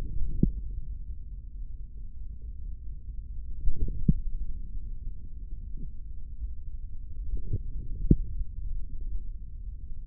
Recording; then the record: forearm muscle sounds (acoustic myography)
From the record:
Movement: hand closing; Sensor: system 3, bracelet of six PUI Audio POM-2738L microphones around the upper forearm, with dedicated amplification and filtering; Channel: 1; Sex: male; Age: 25 years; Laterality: right